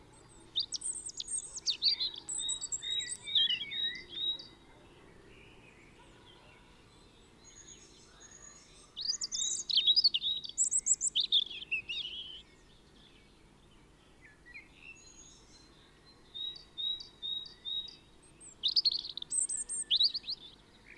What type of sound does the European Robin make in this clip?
song